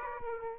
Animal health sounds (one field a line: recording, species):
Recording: mosquito wingbeat signal from an infrared sensor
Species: Aedes aegypti